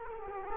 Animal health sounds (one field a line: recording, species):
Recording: mosquito wingbeat signal from an infrared sensor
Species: Culex quinquefasciatus